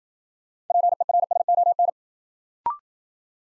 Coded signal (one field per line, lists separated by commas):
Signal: Morse code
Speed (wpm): 56 wpm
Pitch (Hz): 700 Hz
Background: none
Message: PERSON